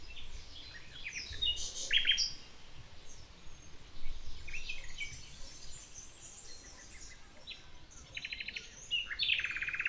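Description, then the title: Common nightingale singing varied sharp chirps, whistles and short rattling bursts over low wind noise. Nightingale singing in the morning in the village of Riumors, Alt Empordà, on a Tramuntana day. "Ocell Riumors"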